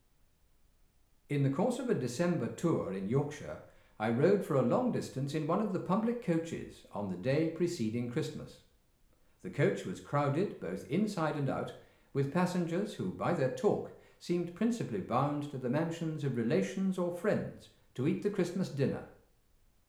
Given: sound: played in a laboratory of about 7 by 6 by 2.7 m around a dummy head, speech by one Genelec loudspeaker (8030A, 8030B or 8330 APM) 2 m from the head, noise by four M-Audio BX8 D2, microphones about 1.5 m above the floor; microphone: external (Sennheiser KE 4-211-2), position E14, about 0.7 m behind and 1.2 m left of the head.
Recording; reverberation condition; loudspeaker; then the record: male speech in English; medium; 90 degrees to the left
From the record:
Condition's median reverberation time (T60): about 510 ms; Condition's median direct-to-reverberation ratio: about -0.5 dB